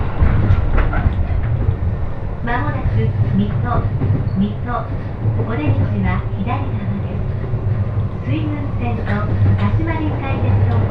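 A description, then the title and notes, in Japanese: Aboard a Joban Line train, a steady low rumble runs beneath scattered passenger voices talking throughout, with occasional brief clicks and knocks. 耳で楽しむ鉄道旅 常磐線 勝田→石岡。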